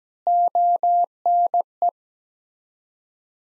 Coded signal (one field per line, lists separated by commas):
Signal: Morse code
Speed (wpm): 17 wpm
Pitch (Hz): 700 Hz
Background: none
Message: ONE